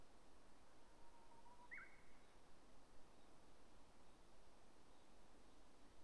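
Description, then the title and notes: Japanese bush warbler song: one long low whistle, then a brief bright flourish that jumps up and drops back, standing out against an even rushing hiss. At Polan Square by the Miyazawa Kenji Memorial Museum parking lot, National Route 456, Hanamaki, Iwate, Japan; recorded on a DR-07XP. "宮沢賢治記念館駐車場, 国道456号, 花巻市, 岩手県, 日本 - uguisu in Polan Square. uguisu(鶯)=Horornis diphone. DR-07XP"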